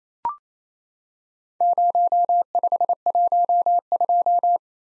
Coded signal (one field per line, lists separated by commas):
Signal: Morse code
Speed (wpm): 29 wpm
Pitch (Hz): 700 Hz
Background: none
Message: 0512